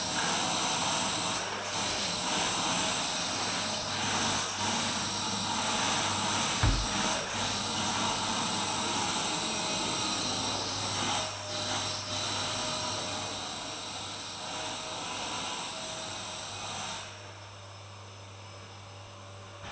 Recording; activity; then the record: daily activity, microphone in the room; vacuum cleaning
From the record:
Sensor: 2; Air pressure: 999.1 hPa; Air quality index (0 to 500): 202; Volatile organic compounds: 31 ppm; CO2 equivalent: 2983 ppm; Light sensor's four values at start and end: 6/15/6/6 and 6/15/6/6